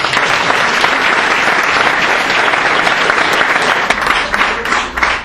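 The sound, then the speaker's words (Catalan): Sustained applause from an audience at a PSC political gathering in Manresa, a dense wash of many hands clapping steadily at a loud, even level for several seconds, with no voices standing out. “Per tant, jo sempre demano un aplaudiment.”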